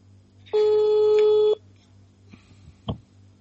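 A single steady electronic phone ring tone, a call from a radio show to the phone of Uruguay's Minister of Public Health Olesker, lasts about a second, then the line falls to a faint hiss broken by a soft click, with no voice answering.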